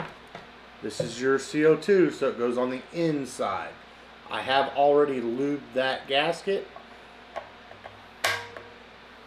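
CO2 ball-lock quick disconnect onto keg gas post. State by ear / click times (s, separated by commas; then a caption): seated / 8.2 s. Someone talks about a CO2 line whose quick-disconnect gasket has already been lubed, then pushes the ball-lock quick-disconnect fitting onto the gas-in post of a homebrew keg. A sharp snap at 8.2 seconds marks the fitting locking into place, seated on the post.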